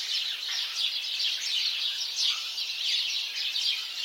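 House sparrow: continuous overlapping chirps from house sparrows, a thick chattering wall of sound with no pauses.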